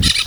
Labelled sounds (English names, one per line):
Brown-throated Parakeet contact call